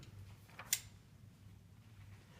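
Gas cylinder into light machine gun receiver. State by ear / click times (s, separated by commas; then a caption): seated / 0.7 s. A steel gas cylinder is fully inserted through the bipod yoke into the receiver of an M249 light machine gun and rotated until its locking spring clicks into the recess at the rear of the cylinder. A faint tap at 0.6 s is followed by one sharp, bright click at 0.7 s over a low steady hum. The cylinder is seated.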